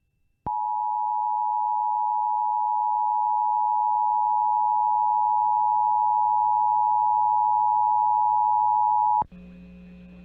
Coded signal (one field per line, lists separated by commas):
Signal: Emergency Alert System (SAME) tones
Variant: 853 and 960 Hz attention tone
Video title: EAS Required Monthly Test Wisconsin NOAA Weather Radio KIG64 Duluth/WNG683 +WeatherSTAR4000